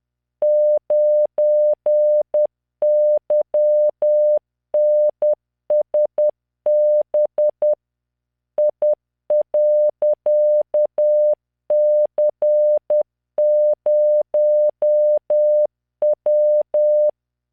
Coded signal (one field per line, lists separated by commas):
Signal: Morse code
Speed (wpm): 10 wpm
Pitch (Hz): 600 Hz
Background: none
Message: 9YNSB I.C0W